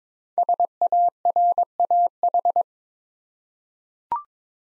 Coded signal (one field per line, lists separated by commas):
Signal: Morse code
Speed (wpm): 22 wpm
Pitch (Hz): 700 Hz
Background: none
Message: SARAH